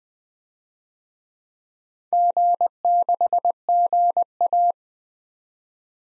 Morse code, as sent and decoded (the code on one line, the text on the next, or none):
--. -.... --. .-
G6GA